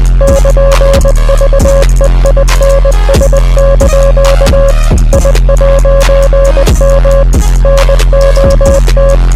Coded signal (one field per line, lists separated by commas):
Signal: Morse code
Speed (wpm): 20 wpm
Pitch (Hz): 550 Hz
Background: music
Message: <KN>VEINS) I'M NOT